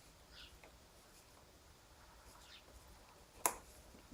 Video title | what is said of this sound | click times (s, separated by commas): Chrysler 300M - Installation d'un contour de neiman éclairé | voilà on a entendu crier ce clip c'est une | 3.5 s